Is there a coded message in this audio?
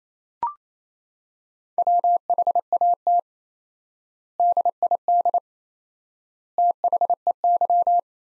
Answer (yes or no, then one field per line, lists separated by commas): yes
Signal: Morse code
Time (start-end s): 1.8-8.0 s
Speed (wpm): 28 wpm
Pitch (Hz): 700 Hz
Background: none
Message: WHAT DID THEY